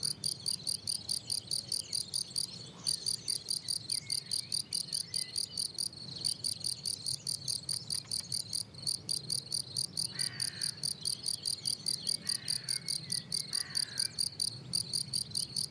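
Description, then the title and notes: Field cricket chirping in a regular rhythm, roughly two to three shrill chirps each second, with brief gaps. Lone, fairly isolated individual singing rhythmically on plateau de Lesches en Diois, France, 27 June 2018, 10:00, already 23°C on a very hot day; recorded with Nagra Seven and MKH8040. "Observation sonore - Un grillon champêtre. 27 juin 2018, plateau de Lesches en Diois. grillons champêtres (Gryllus campestris)"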